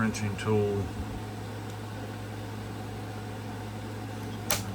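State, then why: Seated. Someone talks while a plastic trenching-tool accessory is pressed into its mount on a toy military vehicle, over a steady low hum. It snaps into place with one sharp click at 4.5 s, and the tool is seated.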